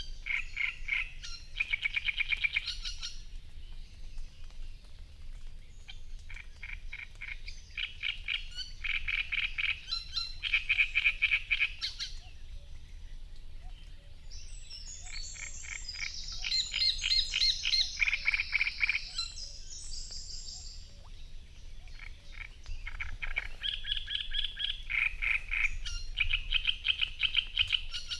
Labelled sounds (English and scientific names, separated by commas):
Great Reed Warbler (Acrocephalus arundinaceus) song